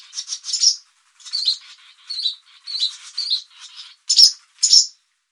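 Barn swallow chattering, a quick run of harsh chirps and squeaky twitters in short bursts, ending with two sharper notes.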